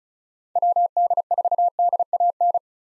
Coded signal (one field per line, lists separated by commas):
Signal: Morse code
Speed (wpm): 34 wpm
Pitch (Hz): 700 Hz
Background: none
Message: WD4DAN